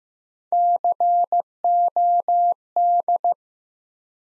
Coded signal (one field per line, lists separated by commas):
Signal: Morse code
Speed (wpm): 15 wpm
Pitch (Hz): 700 Hz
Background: none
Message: COD